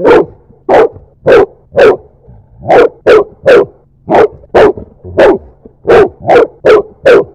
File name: Lapdog